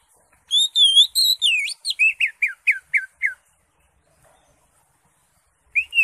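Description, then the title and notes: Greater Green Leafbird song: a run of loud, clear whistles, first wavering then dropping into short falling notes, then a pause and a fresh rising whistle. Recording intended as a master for training caged birds. "Suara Burung Cucak Ijo. mantap buat masteran burung cak ijo"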